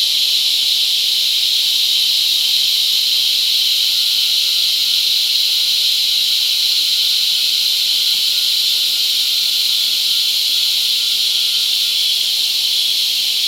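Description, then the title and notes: Cicadas producing an unbroken, even, high hissing buzz for the whole stretch, a faint thin tone persisting beneath the chorus. Cicadas mating; La Convención, Peru. "Apareamiento De Cigarras La Convención Peru by Alejandro Cornejo Montibeller"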